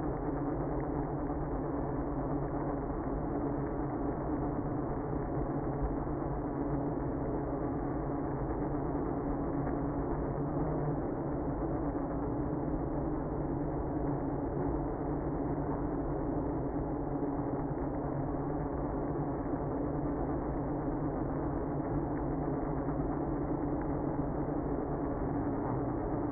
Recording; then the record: honeybee colony, microphone inside the hive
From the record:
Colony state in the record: queenless (queen removed); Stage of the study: after two queens were removed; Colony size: about 60,000 bees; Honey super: yes